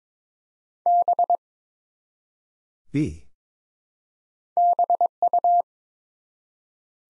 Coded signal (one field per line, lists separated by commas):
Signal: Morse code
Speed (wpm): 22 wpm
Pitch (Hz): 700 Hz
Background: none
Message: B BU